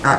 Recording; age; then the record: pig call; growing-finishing pig (85 days or more)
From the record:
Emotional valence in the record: positive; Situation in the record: enriched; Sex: female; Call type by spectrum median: high-frequency call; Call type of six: low-frequency tonal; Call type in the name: high-frequency stable, not sure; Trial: 2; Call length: 0.19 s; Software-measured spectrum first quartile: 597 Hz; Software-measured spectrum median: 1036 Hz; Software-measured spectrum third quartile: 1498 Hz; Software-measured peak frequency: 1378 Hz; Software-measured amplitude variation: 139 dB a second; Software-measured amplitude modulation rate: 13.4 a second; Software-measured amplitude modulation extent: 10.3 dB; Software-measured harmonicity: -1.0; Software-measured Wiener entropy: -0.76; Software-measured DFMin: 844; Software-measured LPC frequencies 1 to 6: 812, 1365, 1766, 2795, 3868, 4885 Hz